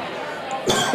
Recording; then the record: coughing mixed with background sound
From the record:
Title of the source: Mid-morning Winter Coughing Fit